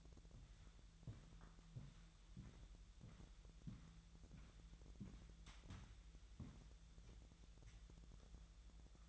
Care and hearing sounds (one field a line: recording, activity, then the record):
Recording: daily activity, microphone in the room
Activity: walk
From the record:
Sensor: 3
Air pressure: 1002.0 hPa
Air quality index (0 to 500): 241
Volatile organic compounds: 109 ppm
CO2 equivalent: 3813 ppm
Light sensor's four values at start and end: 8/19/8/8 and 8/20/8/8